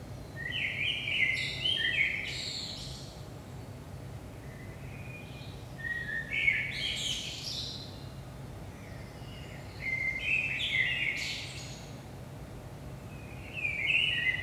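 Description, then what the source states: Common blackbird song: mellow fluted phrases ending in squeaky high twitters, about four phrases with pauses of two to three seconds, over steady low hum. Blackbird singing early morning, 5 am, Saint-Gilles, Belgium; recorded with DPA 4060 microphones in AB position into a Zoom F3.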